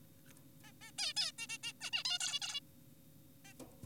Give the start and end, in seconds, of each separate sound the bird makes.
0.64-0.72, 0.82-0.92, 0.98-1.13, 1.17-1.32, 1.39-1.47, 1.50-1.58, 1.64-1.72, 1.81-1.90, 1.93-2.04, 2.05-2.18, 2.20-2.40, 2.42-2.60, 3.45-3.54